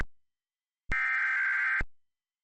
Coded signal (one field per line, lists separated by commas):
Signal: Emergency Alert System (SAME) tones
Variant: header bursts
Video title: EAS Mock #32: The Blue Moon